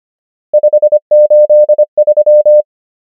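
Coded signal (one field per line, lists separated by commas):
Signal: Morse code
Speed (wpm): 25 wpm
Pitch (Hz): 600 Hz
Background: none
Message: 5 8 3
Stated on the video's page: Morse practice drill of numbers at 25 wpm character speed and 25 wpm word speed.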